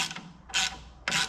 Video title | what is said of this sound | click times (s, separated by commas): 1976 GMC. WILL IT RUN BETTER!? New Valve seals and much more! | Well, that's stripped out. That won't get tight for me. | 1.1 s